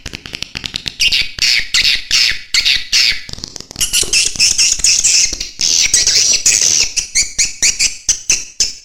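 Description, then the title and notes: Swiftlet chirps in repeated short, high, buzzy bursts, with a longer continuous twittering stretch in the middle. Swiftlet sound used in bird farming in Asia. "Swiflet Bird Sound. Farming Swiflet Bird asia sound"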